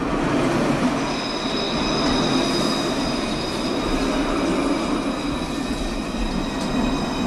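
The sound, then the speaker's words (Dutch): A Luas tram rolls through Dublin toward the city centre with a steady, dense rumble, high metallic wheel squeals drawing thin sustained tones above the noise throughout, no voices heard. “Ik neem de Luas, oftewel de tram door Dublin.”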